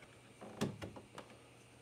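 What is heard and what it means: The plastic screen unit of a Bambu Lab P1S 3D printer is slid into four slots on the side of the case and pushed left until it latches. A sharp click sounds at 0.6 s, followed by softer taps around 0.8, 1.0 and 1.2 s. The display is seated in the side panel slots.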